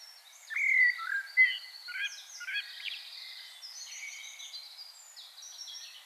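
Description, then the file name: Common blackbird's soft fluty whistled notes, followed by a long stretch of high, scratchy twittering over faint background hiss. "Turdus merula"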